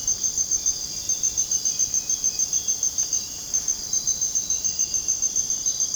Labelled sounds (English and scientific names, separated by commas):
none